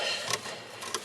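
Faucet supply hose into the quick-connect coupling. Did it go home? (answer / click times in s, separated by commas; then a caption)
no / none. A faucet supply hose is pressed into its quick-connect coupling under the sink, giving a steady rubbing, rasping scrape with two brief sharp transients near 0.3 and 0.9 seconds. The connection has not clicked or seated yet.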